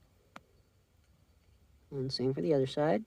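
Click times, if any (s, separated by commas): 0.4 s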